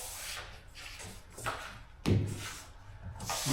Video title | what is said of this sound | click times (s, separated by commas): How to Install Luxury Vinyl Plank on Concrete - Mississauga, Ontario, Canada - Day 2 of 3 | also when it clicks together yeah you hear click | 2.1 s